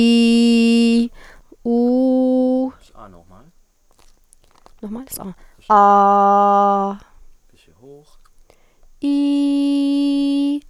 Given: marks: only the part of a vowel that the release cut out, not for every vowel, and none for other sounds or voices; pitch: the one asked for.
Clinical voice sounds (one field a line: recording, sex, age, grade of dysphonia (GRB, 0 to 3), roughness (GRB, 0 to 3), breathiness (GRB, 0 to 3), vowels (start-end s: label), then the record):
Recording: sustained vowels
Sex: female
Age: 30 to 39 years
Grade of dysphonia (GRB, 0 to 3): 0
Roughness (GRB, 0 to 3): 0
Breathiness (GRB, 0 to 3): 0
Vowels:
0.00-0.92 s: vowel /i/, normal pitch
1.75-2.62 s: vowel /u/, normal pitch
5.86-6.76 s: vowel /a/, normal pitch
9.12-10.46 s: vowel /i/, high pitch
From the record:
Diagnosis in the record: healthy voice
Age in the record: 38 years